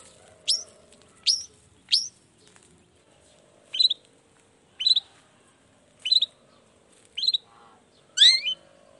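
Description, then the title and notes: Long-tailed shrike calls: high downslurred notes, then spaced lower chipping notes, ending in a complex squeaky burst, with faint background hum. In the morning, with 'toet toet' song variations, meant to stimulate a reluctant shrike into singing. "Cendet Gacor Dor Di Kala Pagi Toet Toet Variasi Suara J. Cendet Gacor Di Pagi Hari Rangsangan Emosi Cendet Malas Bunyi Supaya Secepatnya Ikutan Bunyi. Burung cendet"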